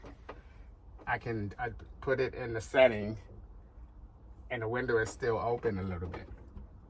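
Someone talks while handling the window latches on a Moonlander truck camper topper by Radica; the window is set to stay open a little. A brief sharp tick sounds near 0.3 s, but nothing has seated or clicked in yet by the end of the clip.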